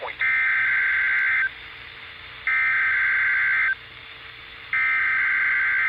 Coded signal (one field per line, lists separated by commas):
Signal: Emergency Alert System (SAME) tones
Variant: header bursts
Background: speech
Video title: EAS #589 - Required Weekly Test